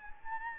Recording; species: mosquito wingbeat signal from an infrared sensor; Anopheles gambiae